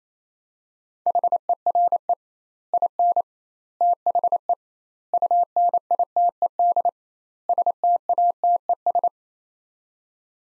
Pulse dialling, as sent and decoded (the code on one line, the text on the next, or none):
none